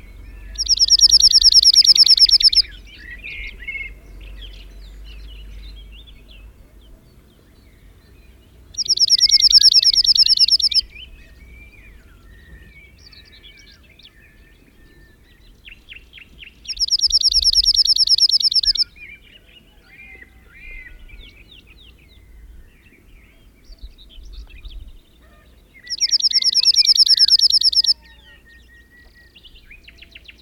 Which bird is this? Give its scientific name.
Emberiza cirlus